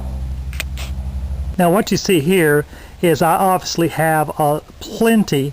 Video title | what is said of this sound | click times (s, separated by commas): GORILLA LADDER Secrets for Safe and Easy Home Repairs! | until it stops and there you've heard it click | 0.6 s